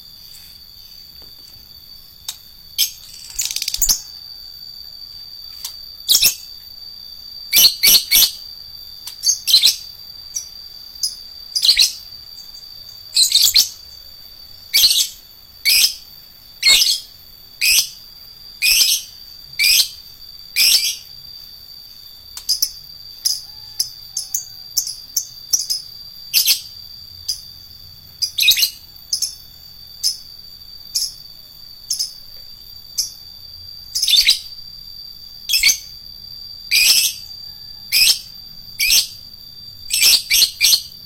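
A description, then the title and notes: An adult lovebird gives sharp, high shrieking chirps in bursts every second or so, over a steady thin high whine and low rumble. LOVEBIRD FIGTER. Lovebird Dewasa.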